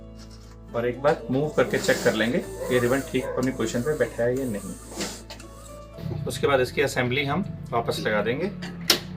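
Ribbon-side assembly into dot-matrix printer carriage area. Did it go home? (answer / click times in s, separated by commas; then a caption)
yes / 8.9 s. Someone talks over background music while the ribbon-side assembly is put back into the carriage area of an Epson LX 300 II dot-matrix printer after its ribbon has been fitted. One sharp click at 8.9 s shows the assembly locking in place.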